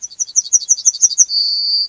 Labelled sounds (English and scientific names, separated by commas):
Yellowhammer (Emberiza citrinella) song